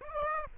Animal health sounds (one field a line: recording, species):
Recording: mosquito wingbeat signal from an infrared sensor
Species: Aedes aegypti